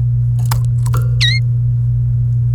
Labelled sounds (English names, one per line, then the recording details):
Domestic Canary song
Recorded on 30 April 2018 at 06:36
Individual llb3